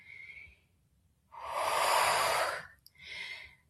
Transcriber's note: exhales